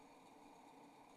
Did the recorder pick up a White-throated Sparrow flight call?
no